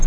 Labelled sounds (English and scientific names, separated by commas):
Tennessee Warbler (Leiothlypis peregrina) flight call